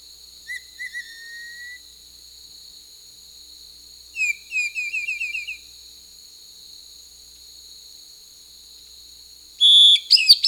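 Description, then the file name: Lawrence's Thrush song: a few thin whistled notes, then a quick series of short rising chirps, over a steady high insect drone. Recorded in Peru, in the Amazon. "Lawrence's Thrush (Turdus lawrencii), Peru"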